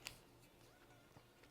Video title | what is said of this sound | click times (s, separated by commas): How To Install Tusk Full View Glass Windshield - Polaris RZR Pro R | and the cover is going to pop up | 0.1 s